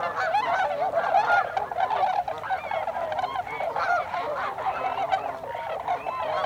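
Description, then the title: Overlapping tundra swan calls, soft bugling hoots and rising notes from many birds forming a dense, continuous chorus. Several tundra swans recorded on 26 December 2020. "2020-12-26-Tundra-Swans"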